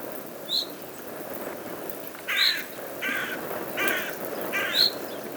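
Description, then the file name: Carrion crow giving four harsh, rasping caws about every three-quarters of a second, with short high chirps from another bird before and after them. "Corvus corone"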